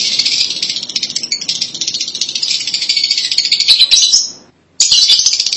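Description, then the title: Lovebird chatter: a dense, buzzy, rapidly pulsing stream of high shrill notes running over four seconds, a brief gap, then the harsh chattering resumes. "BM Suara Burung Lovebird"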